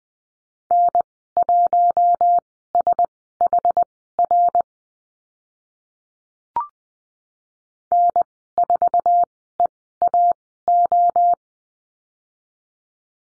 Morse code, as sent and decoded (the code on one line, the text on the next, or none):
-. .---- ... .... .-. / -. ....- . .- ---
N1SHR N4EAO